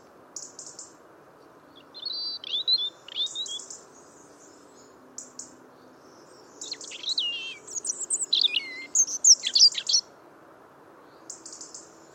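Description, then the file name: European robin song: varied high, liquid phrases of sliding whistles and thin trills delivered in bursts with pauses, growing busier in the second half. "Erithacus rubecula"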